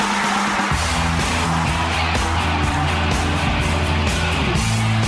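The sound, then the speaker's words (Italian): A short radio traffic-bulletin jingle: a stepping synth melody plays over a constant roar of car engines and screeching tires, loud and busy throughout with no voices. “Aspetta, traffico.”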